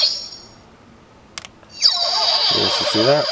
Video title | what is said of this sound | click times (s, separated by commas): Juukou B-Fighter B-Commander COMPLETE EDITION Premium Bandai | so you just want to change body it's not that bad it has a little clicking thing and you're good | 1.4 s